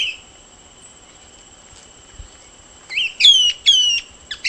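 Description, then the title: Short-crested flycatcher calls, a quick cluster of short downslurred notes near the end, over a steady high tone that runs throughout. "LuckyPassaro Completos2Sama. Short-crested Flycatcher (Myiarchus ferox)"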